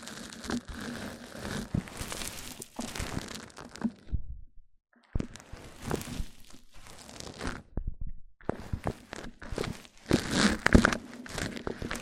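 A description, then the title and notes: Close mic-on-mic triggers: dense crinkling, crumpling rubs and tapping against the microphone, very near and full from low thumps up to bright crackle. Bursts come in clusters with short silences around 4–5 and 8 seconds, and louder sharp taps near 10–11 seconds. ASMR MIC ON MIC Triggers Richer Sounds, Intense Tingles! (No Talking).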